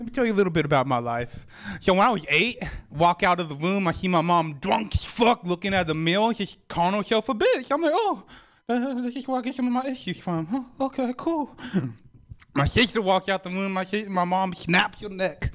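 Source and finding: Adult male comedian speaking. Speech impediment (sibilant distortion).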